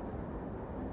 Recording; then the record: background sound without coughing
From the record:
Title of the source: Train Ride Ambience ambient white noise for sleeping, focus, studying, reading